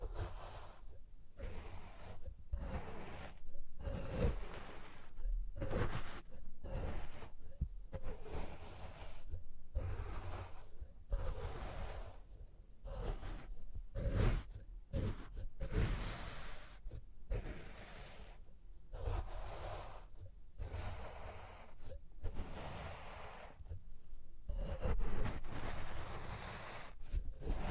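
Test tubes are handled and tapped in a string of short, scratchy, rattling bursts, broken by frequent brief silences. The sounds come irregularly and closely spaced across the whole stretch, with a dull low thump under some and a faint steady whine up high.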